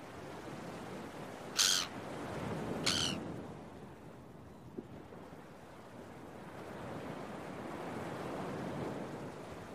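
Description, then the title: Gull with two quick harsh cries early on, then only the continuous rush of waves. Early morning on a beach with waves. "Early Morning Seagulls and Beach Waves"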